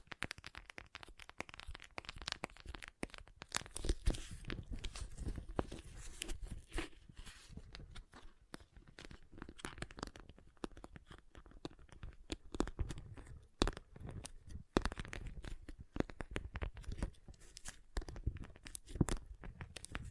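Water beads are handled and stirred in a dense, crackling stream of tiny clicks and squishy pops that runs the whole time. Brief louder bursts stand out near four, fourteen and nineteen seconds, with a soft low rumble beneath the rustling.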